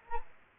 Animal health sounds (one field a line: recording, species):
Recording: mosquito wingbeat signal from an infrared sensor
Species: Aedes aegypti